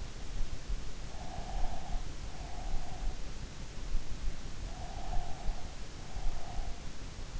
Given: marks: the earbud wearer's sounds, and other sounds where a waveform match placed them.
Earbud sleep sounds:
sounds in sleep by an in-ear microphone; breath
1.16-3.42 s: breath
4.72-6.91 s: breath

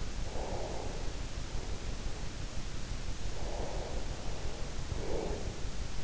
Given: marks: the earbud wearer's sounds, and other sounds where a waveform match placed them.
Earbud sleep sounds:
sounds in sleep by an in-ear microphone; breath
0.28-1.99 s: breath
3.47-5.55 s: breath

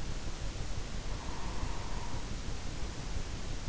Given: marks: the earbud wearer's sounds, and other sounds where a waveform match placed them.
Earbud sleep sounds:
sounds in sleep by an in-ear microphone; breath
1.10-3.37 s: breath

